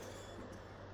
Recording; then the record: coughing mixed with background sound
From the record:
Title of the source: Spring Cold Coughing 3